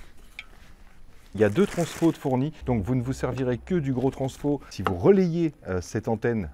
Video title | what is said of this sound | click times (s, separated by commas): Robot Tondeuse FPV / GPS / Bluetooth - LUBA 2 AWD 1000 MAMMOTION - UN MUST HAVE ! | On va venir se clipser ici, il n'y a plus qu'à verrouiller. | 0.4 s